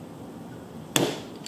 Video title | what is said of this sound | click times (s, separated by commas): Enjomor Tips & Tricks inspired by helping Blue Heeler | a little pry and heard it pop now it's loose | 1.0 s